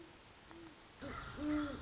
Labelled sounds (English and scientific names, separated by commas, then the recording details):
Great Horned Owl (Bubo virginianus)
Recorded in Sonoma County, California